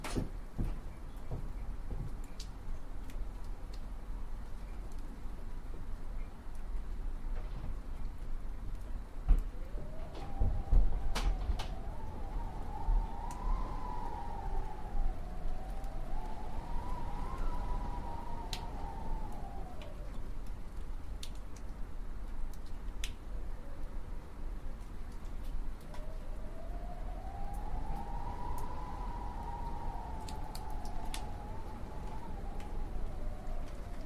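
Wind roars low and steady throughout, with a wailing whistle that rises and falls in slow swells from about ten to twenty seconds and again near the end. Scattered knocks and creaks sound irregularly over the rushing bed.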